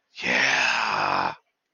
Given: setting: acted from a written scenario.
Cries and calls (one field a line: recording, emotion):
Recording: vocal sound without words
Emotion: elation